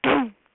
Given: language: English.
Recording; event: throat vibration sensor signal played as sound; throat clearing